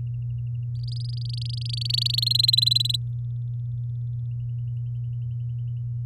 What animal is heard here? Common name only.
Domestic Canary